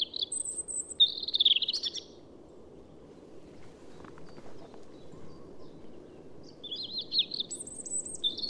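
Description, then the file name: European robin song: short bursts of high, thin warbling and trilling phrases near the start and end, separated by a quiet stretch with faint background hiss. "Erithacus rubecula"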